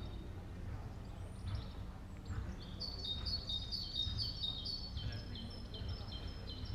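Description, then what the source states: Birds chirping in a series of high, quick notes from the middle onward, over a steady low rumble of background noise. In a park.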